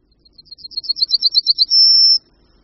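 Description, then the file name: Yellowhammer song with a rapid chain of high doubled notes ending in one long, level, sustained high note. "Strnad-obecný"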